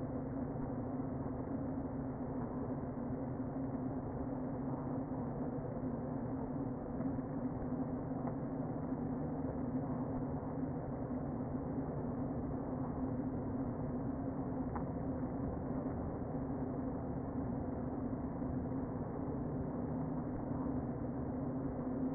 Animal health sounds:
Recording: honeybee colony, microphone inside the hive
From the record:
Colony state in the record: queen present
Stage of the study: before two queens were removed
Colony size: about 60,000 bees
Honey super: yes

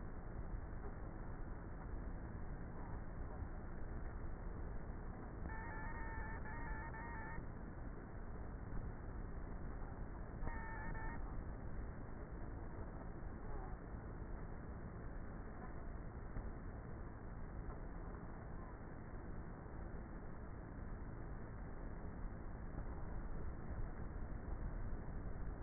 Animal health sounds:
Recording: honeybee colony, microphone inside the hive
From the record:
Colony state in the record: queenless with a low population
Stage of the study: before two queens were removed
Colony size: about 30,000 bees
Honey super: no

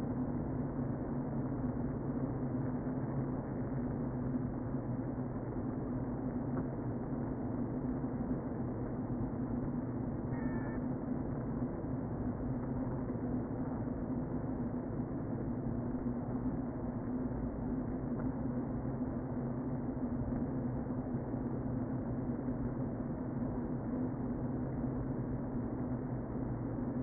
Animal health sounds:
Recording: honeybee colony, microphone inside the hive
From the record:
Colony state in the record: queen present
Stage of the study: before two queens were removed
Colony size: about 60,000 bees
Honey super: yes

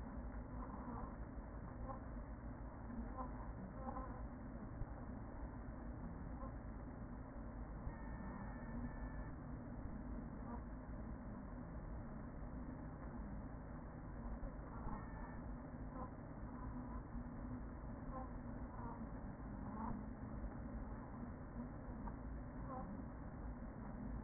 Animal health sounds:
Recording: honeybee colony, microphone inside the hive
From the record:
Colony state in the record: queen present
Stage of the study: after two queens were removed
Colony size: about 40,000 bees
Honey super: no

